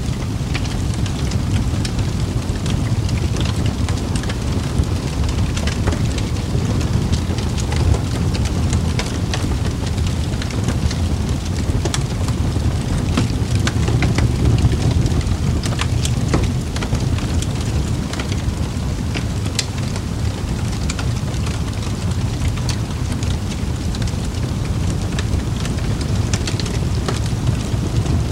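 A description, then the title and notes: Firewood crackles steadily in a fireplace, with a dense scatter of sharp little pops and snaps throughout. Beneath them runs a constant low roar from the flames, close and unchanging from start to finish, with no pauses or louder flare-ups. Fireplace: Crackling Sounds. Crackling firewood.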